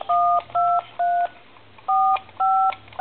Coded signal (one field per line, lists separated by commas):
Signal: DTMF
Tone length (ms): 300 ms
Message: 12 45